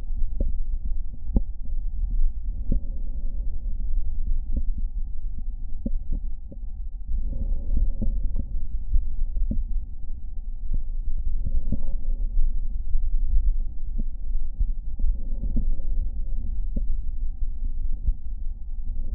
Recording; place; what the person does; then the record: lung sounds by stethoscope; right anterior apical chest; quiet breathing, then deep breathing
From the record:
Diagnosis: asthma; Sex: female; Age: 72 years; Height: 160 cm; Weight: 63.4 kg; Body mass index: 24.8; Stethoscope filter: diaphragm mode